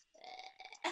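A brief, voiced, belch-like sound lasting under a second, ending in a short, sharp burst. It is an imitation of a burping vocal tic, a sudden involuntary noise typical of Tourette's syndrome, and one the person used to produce habitually.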